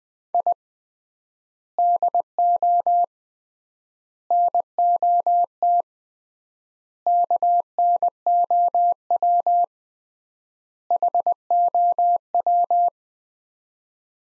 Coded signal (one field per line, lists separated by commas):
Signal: Morse code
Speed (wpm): 20 wpm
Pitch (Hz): 700 Hz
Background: none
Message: I DO NOT KNOW HOW